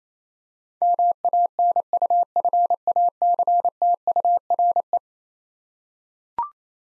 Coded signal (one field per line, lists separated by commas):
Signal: Morse code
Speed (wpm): 27 wpm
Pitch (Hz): 700 Hz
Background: none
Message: MANUFACTURE